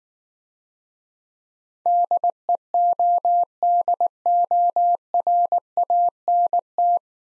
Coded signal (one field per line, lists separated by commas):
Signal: Morse code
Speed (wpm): 19 wpm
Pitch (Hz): 700 Hz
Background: none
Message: DEODORANT